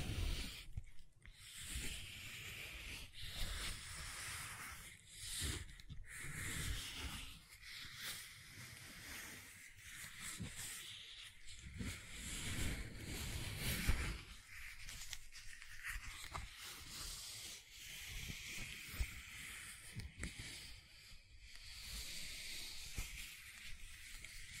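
Gentle silicone sounds: soft rubbing and squishing with a steady hiss over a low, muffled rumble. Brief pauses and crackly touches come irregularly every second or two, and the level stays fairly even for the whole stretch.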